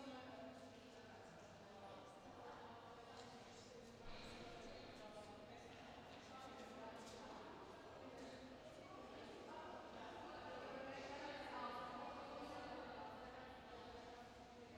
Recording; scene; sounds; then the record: everyday scene through a hearing-aid microphone; reverberant space; background noise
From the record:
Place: railway station hall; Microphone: in the ear canal, left